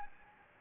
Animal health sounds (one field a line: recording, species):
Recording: mosquito wingbeat signal from an infrared sensor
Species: Anopheles gambiae